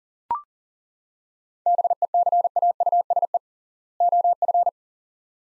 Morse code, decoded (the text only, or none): BECAUSE OF